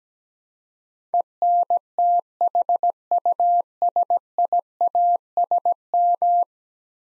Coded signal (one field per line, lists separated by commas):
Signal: Morse code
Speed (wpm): 17 wpm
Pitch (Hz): 700 Hz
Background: none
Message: ENTHUSIASM